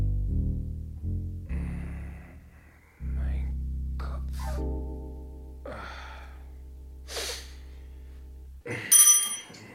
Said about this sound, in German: Haben geklingelt?